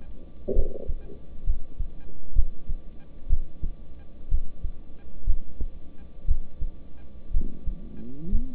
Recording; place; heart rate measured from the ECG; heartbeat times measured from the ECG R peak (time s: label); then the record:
heart sounds by stethoscope; between the tricuspid and mitral areas; 62 bpm
0.54 s: heartbeat
1.45 s: heartbeat
2.33 s: heartbeat
3.28 s: heartbeat
4.29 s: heartbeat
5.25 s: heartbeat
6.26 s: heartbeat
7.32 s: heartbeat
8.30 s: heartbeat
From the record:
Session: rest, lying down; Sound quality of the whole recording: good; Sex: male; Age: 26 years